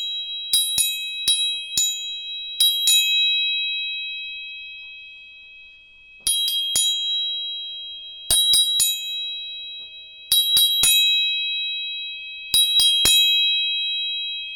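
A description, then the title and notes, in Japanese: Three tuning forks are struck in quick clusters of metallic taps, near the start and again from about six seconds onward. Their clear, high tones ring on together as a steady bright chord, fading slowly between strikes, over an otherwise quiet background. 音叉チューニング3本。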